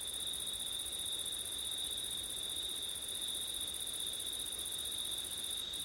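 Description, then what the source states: Crickets trilling steadily, a high, thin, continuous ringing at two pitches with no pauses. Crickets on a September night in wind, recorded with an ORTF stereo setup.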